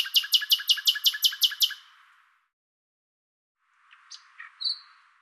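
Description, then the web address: Common nightingale song: a rapid run of sharp, rattling repeated notes, then a pause and a soft, quiet phrase with a thin whistle. "Deverinetal 2025"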